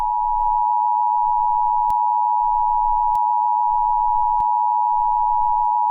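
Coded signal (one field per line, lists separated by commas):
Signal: Emergency Alert System (SAME) tones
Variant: 853 and 960 Hz attention tone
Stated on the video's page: Fictional EAS scenario, simulated rather than a real alert.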